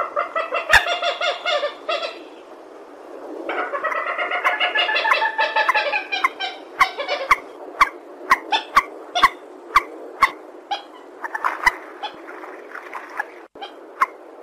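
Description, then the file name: Purple swamphen with a rolling nasal cackle, a pause, another longer honking series, then irregular single harsh barks roughly twice a second. "tieng trich re keu"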